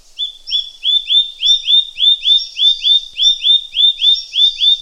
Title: Green-backed Tit (Parus monticolus)